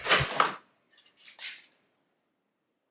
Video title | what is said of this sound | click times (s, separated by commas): Installing these RGB Side-Mirror Sequential Lights on my Q50 (Q60) | eventually your back will pop off | 0.4 s